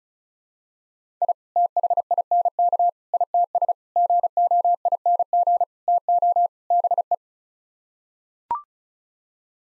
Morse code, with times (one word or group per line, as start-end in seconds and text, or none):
1.2-1.3 I
1.6-2.9 THINK
3.1-3.7 ITS
4.0-5.6 GOING
5.9-6.5 TO
6.7-7.1 BE